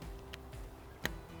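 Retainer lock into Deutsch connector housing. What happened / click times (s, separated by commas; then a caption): The connector retainer lock snapped into place / 1.1 s. A plastic retainer lock is pushed into the power-side Deutsch connector housing. It snaps in with one sharp click at 1.0 s over a quiet background, and the lock is seated.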